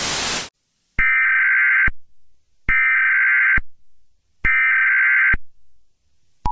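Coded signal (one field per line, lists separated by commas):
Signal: Emergency Alert System (SAME) tones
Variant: header bursts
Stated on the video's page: A fictional horror EAS scenario about an SCP entity.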